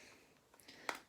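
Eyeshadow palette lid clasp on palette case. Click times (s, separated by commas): 0.9 s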